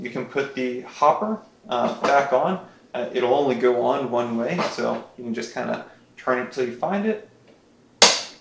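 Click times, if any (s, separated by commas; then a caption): 8.0 s. Someone talks while the plastic bean hopper is set back onto the grinder of a Breville espresso machine and turned until it drops into its keyed position, then twisted to lock. A single sharp knock at 8.0 s marks the hopper seating and locking in place.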